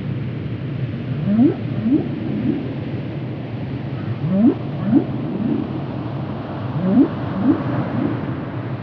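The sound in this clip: Humpback whale song units: short rising upsweeps in groups of three, three groups in all, over low rumble.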